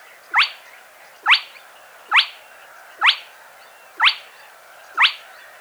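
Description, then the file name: Spotted crake repeating a short, sharply rising whistle six times, about once per second, over light background noise. Played back. "Plettet roervagtel"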